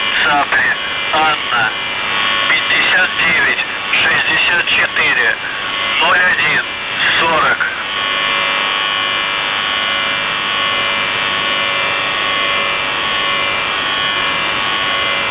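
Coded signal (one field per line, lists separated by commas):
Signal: numbers station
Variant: UVB-76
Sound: a man's voice reads a short message over static, then a steady droning buzz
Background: radio static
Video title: The Buzzer/UVB-76(4625Khz) May 11th, 2023 Voice messages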